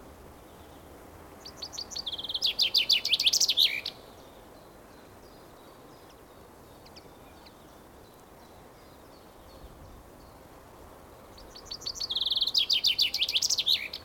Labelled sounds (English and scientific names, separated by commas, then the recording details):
Common Chaffinch (Fringilla coelebs)
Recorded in the wild
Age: adult
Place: Friedhof Niederschönhausen III, Berlin, DE
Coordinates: 52.571, 13.386
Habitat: Stadtfriedhof
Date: 1992-04-17 10:26
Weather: heiter, 2-3°C
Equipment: Nagra SN, Mikrofon AKG CK 8, Kopie Tesla B 116
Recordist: Tembrock, Günter
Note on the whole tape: Friedhof III; Gesang, etwa 17 Strophen (1 Tier); zuletzt sehr gut; bis 10.40 Uhr